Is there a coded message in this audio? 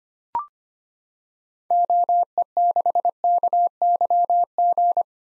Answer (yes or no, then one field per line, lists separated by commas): yes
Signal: Morse code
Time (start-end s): 1.7-5.0 s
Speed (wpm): 25 wpm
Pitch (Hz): 700 Hz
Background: none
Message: OE6KYG